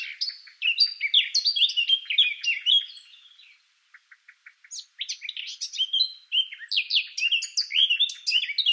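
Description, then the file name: Eurasian blackcap song: a rich, fast warbling phrase of varied notes, a pause with a few short ticks, then a second bright warble. "Sylvia atricapilla"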